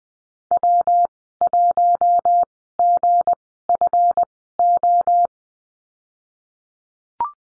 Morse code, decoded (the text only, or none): W1GFO